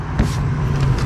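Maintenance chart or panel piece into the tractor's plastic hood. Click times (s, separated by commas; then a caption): 0.2 s. A panel piece near the maintenance chart is pressed back into the plastic poly hood of a 2019 John Deere 3025E compact tractor fitted with a 300E loader and 370B backhoe. It snaps into place with one short, sharp click at 0.2 s over a steady low hum. The piece is seated.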